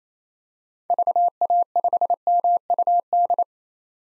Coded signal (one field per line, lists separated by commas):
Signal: Morse code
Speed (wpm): 28 wpm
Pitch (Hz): 700 Hz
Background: none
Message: VA5MUD